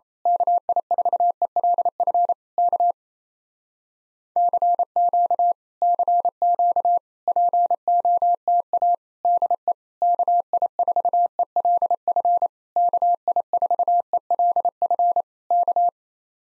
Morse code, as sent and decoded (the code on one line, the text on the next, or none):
-.- .. ....- . .-.. ..-. / -.- / -.-. --.- / -.-. --.- / .--. --- - .- / -.. . / -.- .. ....- . .-.. ..-. / -.- .. ....- . .-.. ..-. / -.-
KI4ELF K CQ CQ POTA DE KI4ELF KI4ELF K